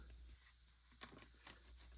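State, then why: Seated. A plastic back piece is clipped onto a vintage G.I. Joe A Real American Hero Manta toy vehicle, seating with a single sharp click at 1.0 s over a low steady hum and faint handling rustles. It clips on, though it may not stay put and might need sticky tack to hold.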